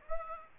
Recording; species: mosquito wingbeat signal from an infrared sensor; Aedes aegypti